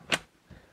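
A small removable clip or cover, previously pried off a hammer drill with a flat-head screwdriver, is pushed back onto the drill. It seats with a single sharp snap at 0.1 s, followed by a faint low thud around 0.5 s. The part is back on and the drill is ready to use.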